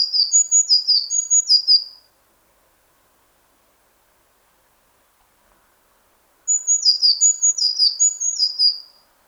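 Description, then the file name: Eurasian blue tit calls: a burst of high thin notes with buzzy downslurs, a long pause, then a second similar burst of rapid repeated phrases. "Cyanistes caeruleus"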